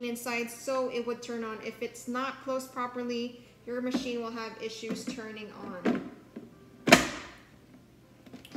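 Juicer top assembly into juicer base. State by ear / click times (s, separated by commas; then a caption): seated / 6.9 s. Someone talks while fitting the top assembly of a vertical masticating juicer onto its base, guiding a small lip into the base so it closes. A sharp click at 6.9 s marks the lid seating into place; the machine only turns on when it is closed properly.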